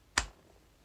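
A Glock 19 pistol fitted with a striker-cover gadget is slowly pushed into a Tier 1 Concealed Agis kydex appendix holster while a thumb rests over the gadget. It seats with a single sharp, loud click at 0.2 s that fades quickly into quiet background. The pistol is seated in the holster.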